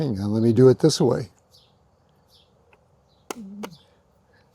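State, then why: Released. Someone talks while prying the plastic side-mirror cover off the mirror housing of a Toyota Tacoma pickup truck to unclip it. After a quiet stretch, a small, sharp pop is heard at 3.3 s, followed by a brief tonal ring. A tab starts to let go and the cover clip pops partly loose.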